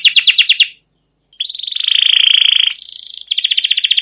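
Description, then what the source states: Canary singing quick descending notes, a short pause, then a long buzzy rolling trill shifting into higher and faster rattled phrases. Canary singing long chirping rolled trills ('cuit cuit', 'ngerol', 'gacor panjang') as a tutor recording (masteran) used to prompt other canaries to sing.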